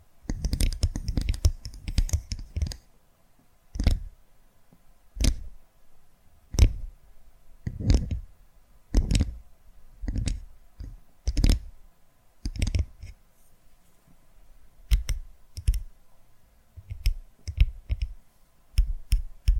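Tapping sounds in sharp, clicky strikes, a quick cluster at the start, then single taps or pairs roughly every second over faint hiss.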